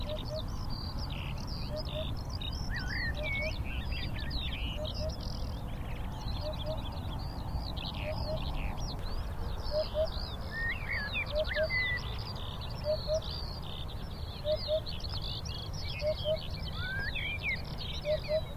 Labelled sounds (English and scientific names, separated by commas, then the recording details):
Eurasian Hoopoe (Upupa epops)
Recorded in the wild
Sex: male
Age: adult
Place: NSG Schönower Heide, Naturpark Barnim, Brandenburg, DE
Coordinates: 52.6822, 13.5053
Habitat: meadow
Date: 2011-05-14
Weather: cloudy, 15°C, almost no wind
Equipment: Sound Devices 702, Sennheiser MKH 70, Rycote Windschutz
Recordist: Frommolt, Karl-Heinz